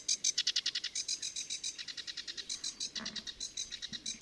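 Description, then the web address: Sedge warbler song, a hurried sequence of scratchy, grating notes repeated several times per second, somewhat muffled, with a faint low sound near the end. "chant didier collin phragmite des joncs"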